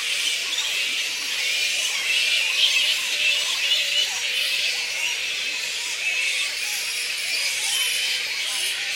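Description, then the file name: Noisy colony of black flying foxes, countless high squeaks blending into a buzzing, shrill clamour that barely varies across the stretch. Colony of black fruit bats giving squeaks. "Black Fruit Bats -Pteropus alecto Colony Squeaks"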